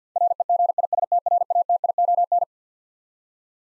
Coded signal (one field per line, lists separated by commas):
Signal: Morse code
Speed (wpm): 50 wpm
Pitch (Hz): 700 Hz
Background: none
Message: REGISTRATION